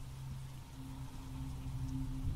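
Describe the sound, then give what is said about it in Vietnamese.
Steady rain hisses alongside a whooshing wind, with a low sustained droning tone underneath, the whole wash of sound growing slightly louder over a couple of seconds. “Bất giác cô nghe thấy đâu đó, lẫn trong tiếng mưa gió, có tiếng hát kỳ dị vang lên, cứ to dần to dần.”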